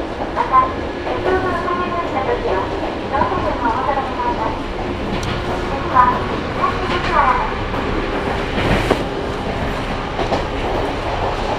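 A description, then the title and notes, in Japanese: A ride aboard a Sangi Railway train on the Sangi Line, with a steady low rumble of the carriage running throughout. Voices murmur in the background, rising and falling, along with occasional brief clicks and a sharper knock near the nine-second mark. 三岐鉄道三岐線 西藤原→北勢中央公園口。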